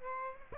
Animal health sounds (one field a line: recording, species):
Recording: mosquito wingbeat signal from an infrared sensor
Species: Aedes aegypti